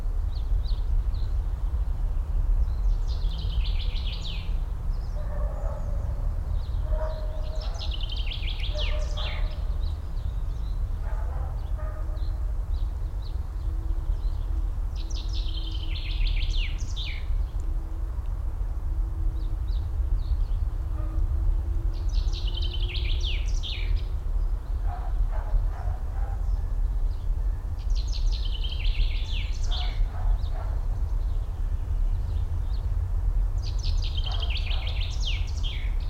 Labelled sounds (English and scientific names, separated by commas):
Common Chaffinch (Fringilla coelebs)